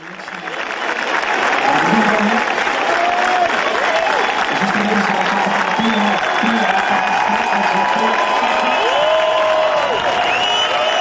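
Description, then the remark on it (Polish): A large crowd at Parken stadium in Copenhagen applauds steadily and loudly, standing in the 10th minute of the Euro Denmark–Belgium match as players stop play in tribute to Christian Eriksen, a dense wash of clapping with cheers and shouting voices rising and falling, building quickly and sustained to the end. “W 10 minucie kibice na stadionie Parken w Kopenhadze wstali z miejsc, piłkarze przerwali grę. Wszyscy bili brawo w hołdzie dla Christiana Eriksena.”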